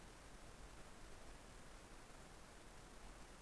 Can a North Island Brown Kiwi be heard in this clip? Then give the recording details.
no. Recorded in New Zealand on 11 December 2011. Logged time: 00:58. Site DD66